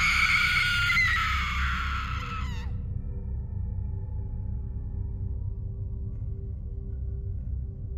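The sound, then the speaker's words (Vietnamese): A desperate, piercing scream rings out behind a house for nearly three seconds, shrill and strained, then stops abruptly, leaving only a steady low rumbling drone underneath. “Bất thình lình có một tiếng hét thất thanh vang lên sau nhà.”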